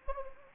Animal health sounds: mosquito wingbeat signal from an infrared sensor; Anopheles gambiae

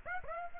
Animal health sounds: mosquito wingbeat signal from an infrared sensor; Aedes aegypti

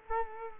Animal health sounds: mosquito wingbeat signal from an infrared sensor; Culex quinquefasciatus

